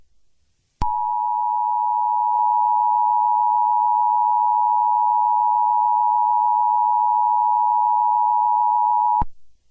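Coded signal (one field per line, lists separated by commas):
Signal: Emergency Alert System (SAME) tones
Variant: 853 and 960 Hz attention tone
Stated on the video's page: Fictional EAS scenario, a simulated alert.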